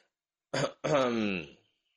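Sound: man clearing his throat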